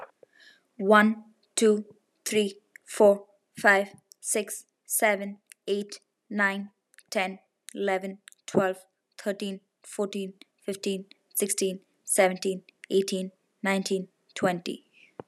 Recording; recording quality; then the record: counting at a normal pace; excellent, no background noise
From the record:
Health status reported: healthy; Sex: female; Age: 19 years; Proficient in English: yes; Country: India